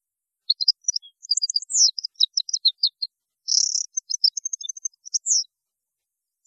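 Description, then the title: European goldfinch singing a busy, high-pitched twittering song of quick chirps, short buzzes and slurred notes, delivered almost continuously for about five seconds. "Chant Chardonneret"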